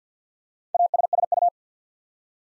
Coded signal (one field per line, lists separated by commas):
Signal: Morse code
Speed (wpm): 50 wpm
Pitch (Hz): 700 Hz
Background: none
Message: ASSU